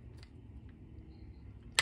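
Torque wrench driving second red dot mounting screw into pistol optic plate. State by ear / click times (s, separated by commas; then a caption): torque reached / 1.8 s. A preset torque wrench tightens the second mounting screw of a Primary Arms SLX RS-10 red dot into the optic mounting plate on top of a Glock 45 MOS pistol slide. Low, steady background noise with a few faint light ticks comes before a sharp, loud click at 1.8 s. The wrench clicks and the screw is torqued down.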